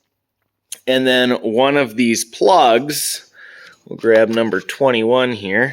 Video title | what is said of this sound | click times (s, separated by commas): Making The Process Better - Brass Pocket Levels | locked into place | 0.7 s